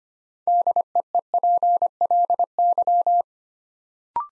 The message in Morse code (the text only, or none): DEEPLY